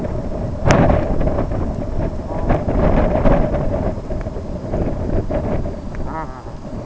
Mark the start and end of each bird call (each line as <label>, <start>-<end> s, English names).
Brent Goose, 2.11-2.58 s
Brent Goose, 5.90-6.52 s